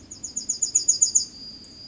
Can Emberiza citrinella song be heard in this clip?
yes